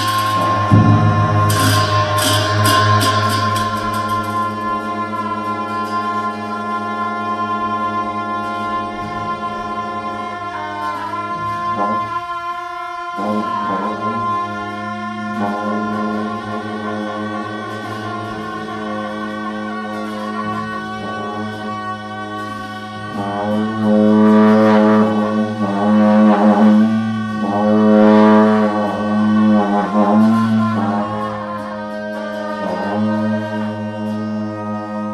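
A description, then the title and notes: Buddhist monks play music in a monastery, led by deep, droning horns that hold a steady low tone almost without pause. Bright clashing cymbals ring out at the start, the horns briefly drop out near the middle, then swell in pulsing bursts late on, echoing in a large hall. Lamayuru 2016. Buddhist monks playing music in Lamayuru gompa.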